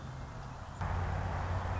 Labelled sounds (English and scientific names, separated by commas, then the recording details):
Red-winged Blackbird (Agelaius phoeniceus)
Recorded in Sonoma County, California